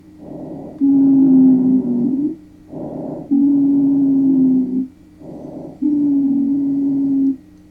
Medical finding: Expiratory Wheeze.